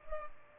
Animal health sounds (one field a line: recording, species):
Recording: mosquito wingbeat signal from an infrared sensor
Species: Culex pipiens